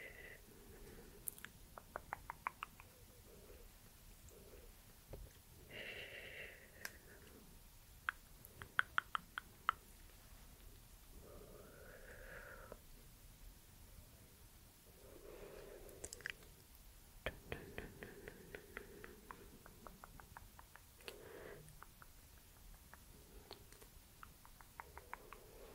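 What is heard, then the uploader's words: Quiet mouth sounds with soft tongue clicks come in quick bursts throughout, mixed with plucking and rustling hand movements. Short, sharp clicks cluster in rapid runs, especially around 2, 9, 17 and 23 seconds, between softer murmuring sounds. ASMR Plucking and Pulling with hand movements + soft mouth sounds and tongue clicking for sleep.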